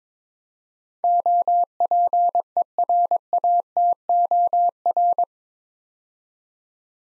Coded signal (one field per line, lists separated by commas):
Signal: Morse code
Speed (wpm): 22 wpm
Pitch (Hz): 700 Hz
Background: none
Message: OPERATOR